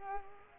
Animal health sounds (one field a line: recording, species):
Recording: mosquito wingbeat signal from an infrared sensor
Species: Culex pipiens